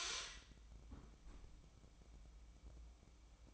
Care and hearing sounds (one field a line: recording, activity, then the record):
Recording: daily activity, microphone in the room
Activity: close fridge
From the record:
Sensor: 1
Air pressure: 1007.8 hPa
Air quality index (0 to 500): 103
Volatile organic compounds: 1 ppm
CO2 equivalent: 879 ppm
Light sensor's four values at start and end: 12/28/11/13 and 12/28/11/13